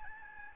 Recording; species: mosquito wingbeat signal from an infrared sensor; Aedes albopictus